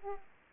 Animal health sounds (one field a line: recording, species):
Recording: mosquito wingbeat signal from an infrared sensor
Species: Aedes aegypti